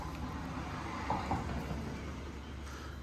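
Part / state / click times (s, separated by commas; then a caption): bumper wiring harness plug into vehicle connector / not seated / none. The sprayed rear bumper wiring plug, for the sensors and license plate lights of a Lifestyle Offroad bumper on a Ford Bronco, is pushed into its mating connector over a steady low rumbling background, with only brief soft bumps around 1.1 and 1.3 seconds. No click is heard and the plug has not clicked, though it will not pull back out.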